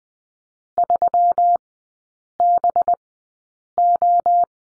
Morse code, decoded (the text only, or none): 3BO